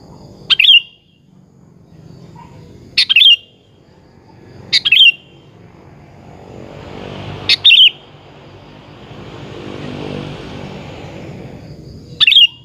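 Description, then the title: Sooty-headed bulbul song: five short, bright bubbling phrases spaced a few seconds apart, while an engine drone rises and fades in the middle. "Kutilang"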